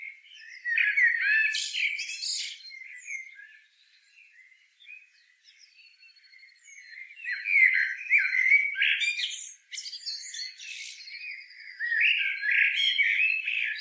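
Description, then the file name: Eurasian blackbird uttering rough, chattering notes with squeaky high elements, a quieter stretch, then louder bursts again. "Turdus merula"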